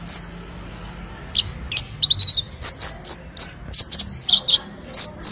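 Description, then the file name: Sunbird song of sharp, very high chirps and short trills in quick irregular bursts, with brief pauses between clusters. "Kolibri Lebah"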